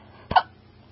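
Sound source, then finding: Adult. Hiccup.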